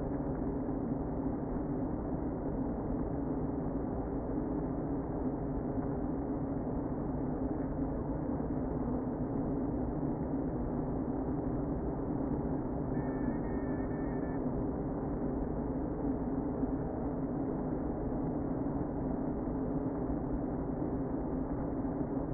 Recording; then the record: honeybee colony, microphone inside the hive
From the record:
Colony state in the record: queen present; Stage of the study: before two queens were removed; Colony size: about 60,000 bees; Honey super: yes